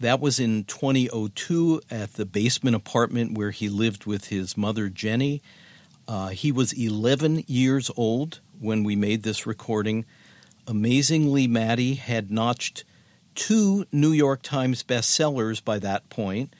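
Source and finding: Adult male narrator. Typical adult speech.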